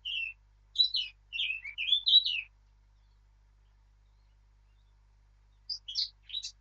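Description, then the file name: Eurasian blackcap giving a short warbled phrase of clear sliding notes, then falling silent before a brief second burst of chirps. "Sylvia atricapilla"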